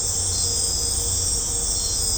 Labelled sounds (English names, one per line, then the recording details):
none
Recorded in secondary vegetation near Puerto Asís, Putumayo, Colombia, on 20 December 2024 at 19:30
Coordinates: 0.502, -76.326
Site G028